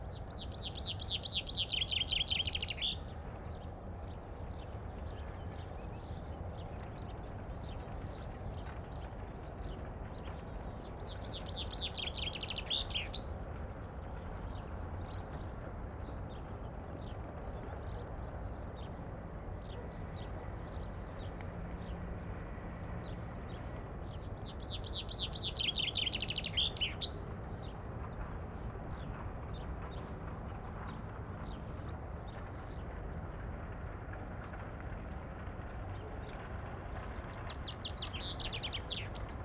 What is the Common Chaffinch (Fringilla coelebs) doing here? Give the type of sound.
song